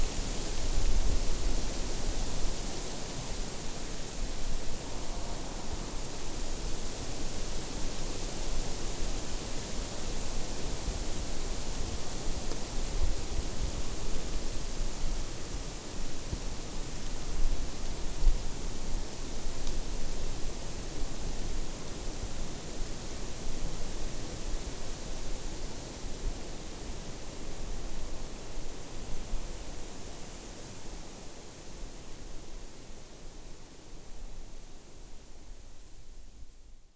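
Leaves of maple and birch rustle in the wind, a dense, continuous hiss that stays fairly even throughout, with soft gusty swells around the middle. A low rumble runs underneath, and the sound eases slightly toward the end before cutting off.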